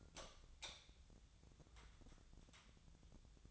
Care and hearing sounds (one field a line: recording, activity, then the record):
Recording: daily activity, microphone in the room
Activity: light on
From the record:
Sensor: 3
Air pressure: 1000.0 hPa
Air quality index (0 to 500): 123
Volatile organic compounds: 2 ppm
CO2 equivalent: 1104 ppm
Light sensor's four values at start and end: 47/117/50/56 and 49/126/54/59